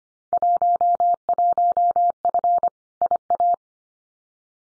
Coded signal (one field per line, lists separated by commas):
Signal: Morse code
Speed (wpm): 25 wpm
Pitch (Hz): 700 Hz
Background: none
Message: 11F IA